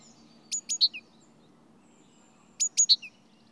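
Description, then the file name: Great tit calls, two identical bursts of three sharp high clicks ending in a short lower note, about two seconds apart, with faint low hum. "Parus major"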